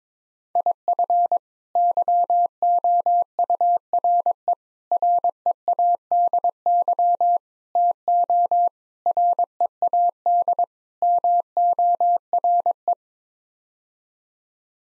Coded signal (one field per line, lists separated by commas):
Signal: Morse code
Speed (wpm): 21 wpm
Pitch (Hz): 700 Hz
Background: none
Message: IF YOURE READY TO READ MORE